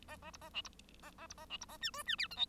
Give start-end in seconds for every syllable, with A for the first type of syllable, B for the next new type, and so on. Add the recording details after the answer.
0.07-0.17 A, 0.21-0.31 A, 0.33-0.37 B, 0.41-0.49 A, 0.53-0.62 C, 0.64-0.69 B, 1.02-1.11 A, 1.18-1.27 A, 1.29-1.35 B, 1.37-1.46 A, 1.49-1.57 C, 1.60-1.66 B, 1.68-1.77 A, 1.81-1.91 D, 1.93-2.03 E, 2.06-2.16 D, 2.18-2.27 F, 2.30-2.36 G, 2.36-2.46 H. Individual Bird1